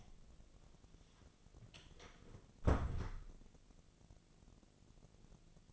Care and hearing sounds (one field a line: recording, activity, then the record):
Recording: daily activity, microphone in the room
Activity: close door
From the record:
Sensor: 4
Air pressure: 1001.2 hPa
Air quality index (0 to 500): 182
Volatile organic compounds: 2 ppm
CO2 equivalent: 1306 ppm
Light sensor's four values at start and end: 15/35/14/15 and 17/39/16/17